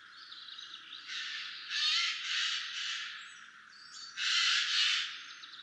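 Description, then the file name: Eurasian jay giving several harsh, rasping screeches, the last ones louder after a short pause. "Garrulus glandarius"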